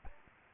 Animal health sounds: mosquito wingbeat signal from an infrared sensor; Aedes albopictus

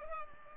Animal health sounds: mosquito wingbeat signal from an infrared sensor; Culex pipiens

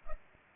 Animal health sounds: mosquito wingbeat signal from an infrared sensor; Culex pipiens

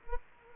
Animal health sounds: mosquito wingbeat signal from an infrared sensor; Culex quinquefasciatus

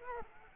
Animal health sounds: mosquito wingbeat signal from an infrared sensor; Culex quinquefasciatus

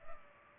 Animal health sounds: mosquito wingbeat signal from an infrared sensor; Culex pipiens

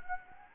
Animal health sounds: mosquito wingbeat signal from an infrared sensor; Anopheles gambiae

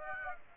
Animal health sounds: mosquito wingbeat signal from an infrared sensor; Aedes aegypti

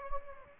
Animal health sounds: mosquito wingbeat signal from an infrared sensor; Anopheles gambiae

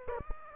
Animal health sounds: mosquito wingbeat signal from an infrared sensor; Aedes aegypti

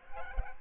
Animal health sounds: mosquito wingbeat signal from an infrared sensor; Aedes aegypti

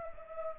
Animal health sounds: mosquito wingbeat signal from an infrared sensor; Culex pipiens

